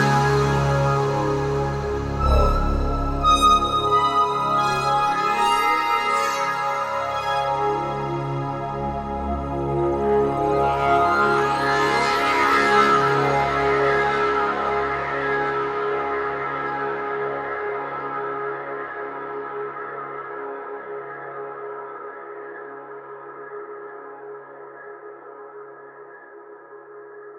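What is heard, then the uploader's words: Additively resynthesized piano string notes sound as layered, shimmering tones with sweeping bright glides near twelve seconds, then fade slowly into sustained ringing. Additive Pencil String - Elevation for Icarus. Additive re-synthesis of a series of notes played on a piano string with a pencil, both oscillators use the different segments of the same wavetable with different morphing types.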